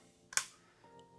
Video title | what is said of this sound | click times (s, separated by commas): Geberit FORS Inlet Valve Installation | and make sure you hear it click into place | 0.4 s